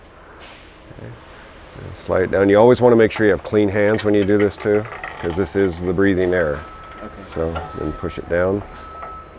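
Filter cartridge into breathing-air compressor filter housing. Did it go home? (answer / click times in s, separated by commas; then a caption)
no / none. A filter cartridge is handled and slid down into the filter housing of a Bauer breathing-air compressor while someone talks. The cartridge is about to be pushed down, but nothing has seated or clicked yet.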